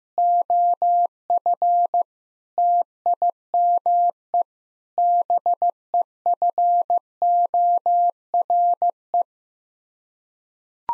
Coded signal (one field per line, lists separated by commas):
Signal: Morse code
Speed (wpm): 15 wpm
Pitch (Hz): 700 Hz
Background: none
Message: OF TIME BEFORE